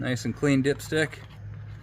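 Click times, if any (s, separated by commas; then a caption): none. After checking the engine oil level, a plastic-handled oil dipstick is handled before going back into the engine's dipstick tube while someone talks over a low steady hum. It is not yet home, and nothing has seated or clicked yet.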